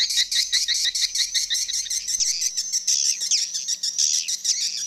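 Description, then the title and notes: Swiftlet calls: dense high chirping twitters with a steady train of sharp dry clicks throughout, plus a faint low hum in the first half. Swiftlet sound used in swiftlet bird farming in Asia. "Swiflet Bird Sound. Farming Swiflet Bird asia sound"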